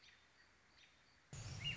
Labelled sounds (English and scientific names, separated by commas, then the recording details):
American Robin (Turdus migratorius)
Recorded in Sonoma County, California